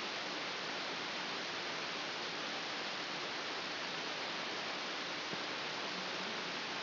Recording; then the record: brain microelectrode recording played as sound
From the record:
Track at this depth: inside the subthalamic nucleus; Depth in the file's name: 6.707 mm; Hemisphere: left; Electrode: 2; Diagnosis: Parkinson's disease